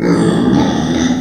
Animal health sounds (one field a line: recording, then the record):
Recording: squeal of a Yucatan mini pig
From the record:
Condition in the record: before surgery on the right vocal fold (resection and tissue-engineered implant)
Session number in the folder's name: 3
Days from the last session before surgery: 0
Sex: female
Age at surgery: 19 weeks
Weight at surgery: 25 kg